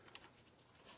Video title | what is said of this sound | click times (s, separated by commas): SS Intro and Install on AR | Slide the button forward till it clicks. | 0.1 s